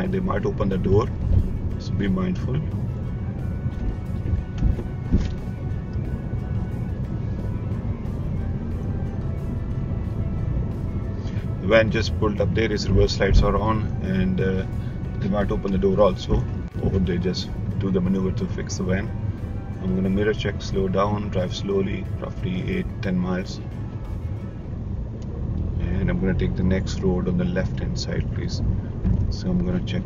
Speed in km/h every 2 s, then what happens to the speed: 19, 18, 19, 21, 23, 23, 19, 16, 16, 13, 13, 11, 15, 21, 21.
0-10 steady at about 19. 10-23 slows to 11. 23-25 speeds up to 21.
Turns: none.